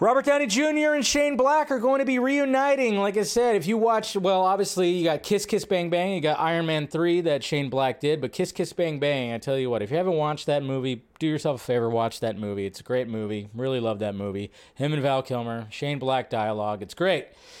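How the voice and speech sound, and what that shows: An adult man talks casually and fluently at a brisk pace, his voice clear with lively intonation; ordinary speech.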